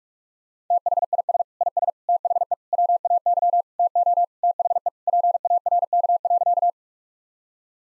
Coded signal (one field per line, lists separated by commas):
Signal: Morse code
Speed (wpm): 46 wpm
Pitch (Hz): 700 Hz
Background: none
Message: THIS IS THE WAY TO THE PARK.